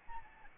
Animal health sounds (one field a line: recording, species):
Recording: mosquito wingbeat signal from an infrared sensor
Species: Aedes albopictus